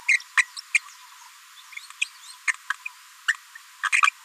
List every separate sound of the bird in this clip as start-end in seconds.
0.08-0.17, 0.37-0.41, 0.56-0.58, 0.74-0.78, 2.01-2.04, 2.70-2.72, 3.28-3.33, 3.83-3.88, 3.92-4.00